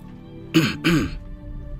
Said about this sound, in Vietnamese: Lâm Động cuối cùng ho khan một tiếng, chắp tay mà nói